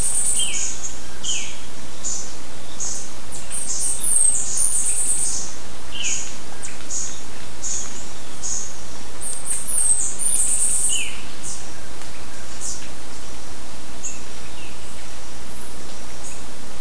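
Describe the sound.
Bird calls, short high chirps repeated irregularly for about the first eleven seconds, some lower squeaky notes, over constant background noise.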